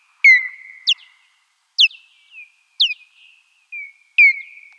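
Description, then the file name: Common noctule giving an irregular series of sharp, steeply falling calls, most trailing into a short flat tone, against a quiet background. "noctule"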